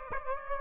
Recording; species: mosquito wingbeat signal from an infrared sensor; Aedes aegypti